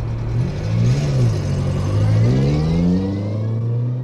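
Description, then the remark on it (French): The engine of a Renault 4L service car, bought in the early 1970s, revs as the car pulls away in pursuit, its low droning pitch rising and dipping as it accelerates through gears, steady and fairly loud throughout with no voices. “Ils embarquent dans leur voiture de fonction, une Renault 4L.”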